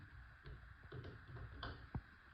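An impressioning tool is turned in a pin-tumbler lock cylinder, giving soft ticking and scraping. A sharp click at 1.6 s is the pins setting, and the lock is seated, followed by a smaller tick at 1.9 s.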